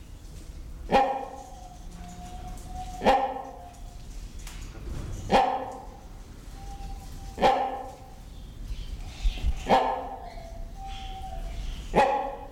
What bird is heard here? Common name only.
Great Hornbill